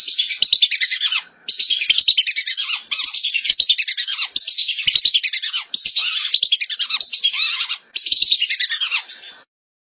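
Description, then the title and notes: Whistling duck calls: repeated runs of sharp, high twittering whistles with slight downward slurs, separated by brief pauses. "Kicau Burung Belibis"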